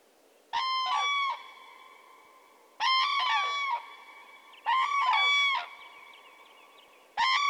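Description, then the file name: Common crane bugling in loud, rolling bursts, each about a second long, repeated roughly every two seconds, with a lingering echo after each burst. "grus grus"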